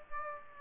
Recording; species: mosquito wingbeat signal from an infrared sensor; Aedes aegypti